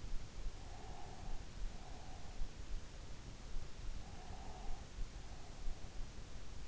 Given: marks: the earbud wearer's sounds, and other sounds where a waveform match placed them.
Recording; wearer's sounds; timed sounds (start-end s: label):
sounds in sleep by an in-ear microphone; breath
0.66-2.65 s: breath
3.20-5.27 s: breath